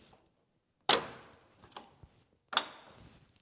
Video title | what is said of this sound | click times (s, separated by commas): Part 5: 💥 Clicks & Cables: 🚗 Updating Garageaholic's E30 M3 S54 🛠️ Trim Clicks & Harness Hustle! | very satisfying click and this guy | 0.9 s, 2.6 s